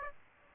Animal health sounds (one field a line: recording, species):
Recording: mosquito wingbeat signal from an infrared sensor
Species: Aedes aegypti